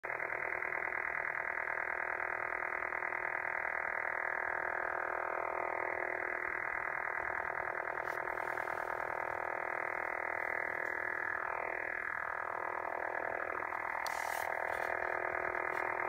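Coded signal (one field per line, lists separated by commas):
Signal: radar signal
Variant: over-the-horizon radar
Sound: continuous harsh rapid pulsing buzz, like fast croaking, filling the whole audio band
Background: radio static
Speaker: Over the Horizon radar that's currently wipe it out a pretty big portion of the 40 meter band at my qth here in northern England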